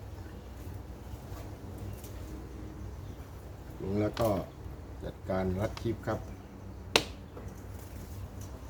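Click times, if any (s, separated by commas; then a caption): 7.0 s. With a new air filter in place in a Pajero Sport, someone talks while fastening a metal clip on the air filter housing lid. The clip snaps shut with a single sharp click at 7.0 seconds, and the lid is latched closed.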